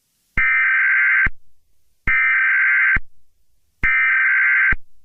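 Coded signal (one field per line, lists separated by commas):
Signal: Emergency Alert System (SAME) tones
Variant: header bursts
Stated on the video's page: Simulated EAS scenario depicting an attack on New Orleans.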